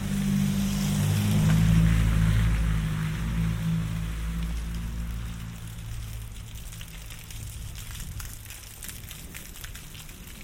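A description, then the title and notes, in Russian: A deep rumble of thunder swells in the first three seconds and slowly fades, leaving a steady hiss of rain and running water with faint crackles. Саундскейп - погружение в атмосферу Горного Дагестана. Прогуляйся по высокогорному селу Гуниб. Послушай раскаты грома, шум дождя, звуки бегущей воды.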